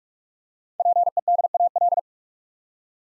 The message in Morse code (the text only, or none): PEDAL